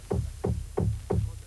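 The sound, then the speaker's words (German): Four dull, heavy knocks thud down from the ceiling above in a steady, evenly spaced rhythm, each a low, booming impact with no voices in between. “Na, der wird doch nicht gleich durch die Decke kommen? Das muss wohl über Ihnen sein.”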